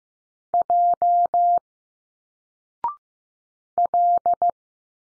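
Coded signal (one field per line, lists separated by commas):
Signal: Morse code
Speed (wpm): 15 wpm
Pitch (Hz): 700 Hz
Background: none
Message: J L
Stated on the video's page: Morse drill of single letters at 15wpm, each sent, spoken after a 0.6-second pause, then sent again.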